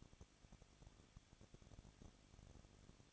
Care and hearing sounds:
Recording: daily activity, microphone in the room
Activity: no activity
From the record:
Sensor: 4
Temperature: 23.0 degrees Celsius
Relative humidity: 34.2%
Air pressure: 1007.3 hPa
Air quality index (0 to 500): 214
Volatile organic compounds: 14 ppm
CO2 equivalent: 2470 ppm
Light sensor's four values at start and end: 2/3/1/1 and 2/3/1/1

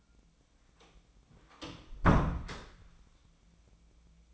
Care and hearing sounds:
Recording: daily activity, microphone in the room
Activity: close door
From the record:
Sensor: 1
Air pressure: 1009.3 hPa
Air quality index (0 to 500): 185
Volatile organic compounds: 4 ppm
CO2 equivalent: 1556 ppm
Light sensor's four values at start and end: 39/103/42/50 and 38/102/42/50

